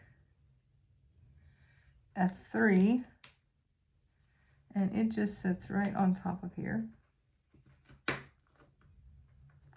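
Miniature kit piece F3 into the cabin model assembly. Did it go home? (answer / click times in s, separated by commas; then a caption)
yes / 8.1 s. A miniature kit part labeled F3 is pressed down on top of a Rolife A-frame cabin model assembly during building. Someone talks, then one sharp click is heard at 8.1 s as the part seats in place.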